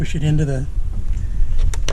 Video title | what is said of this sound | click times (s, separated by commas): ⚡circuit breakers - burned shoreline - magic smoke - drop in voltage - electrician - 50 amp - reset | bar and it snaps into place you hear a nice satisfying sort of a snap now | 1.7 s, 1.9 s